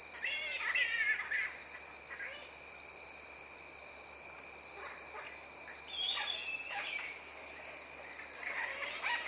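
Flying fox squabbling calls, short harsh harmonic squawks in bursts near the start, middle and end, over a steady high insect drone.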